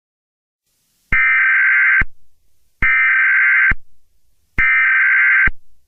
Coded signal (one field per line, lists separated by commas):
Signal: Emergency Alert System (SAME) tones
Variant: header bursts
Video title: EAS Scenario- The American Riots